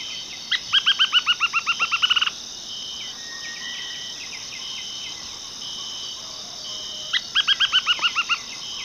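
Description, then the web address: Dark-breasted spinetail song: two bursts of quick notes, the first longer than the second, with fainter notes between, over a constant high insect drone. Recorded in the eastern lowlands of South America. "Natures Songs S America Eastern Lowlands. Synallaxis albigularis, song"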